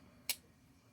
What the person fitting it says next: Nice little click on the way down.